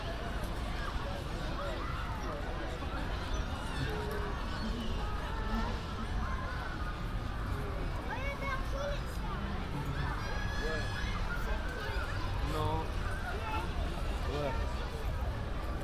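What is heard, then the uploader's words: Walking through a busy park toward a winter carnival, a dense babble of many voices stays steady throughout, with brighter calls rising and a low rumble underneath. A binaural field recording in Hyde Park, walking from just outside the Serpentine to the winter carnival.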